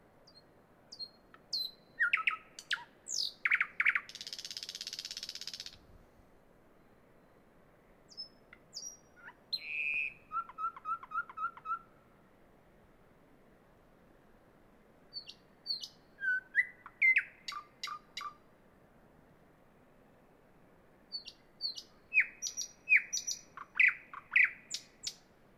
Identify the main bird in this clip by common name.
Thrush Nightingale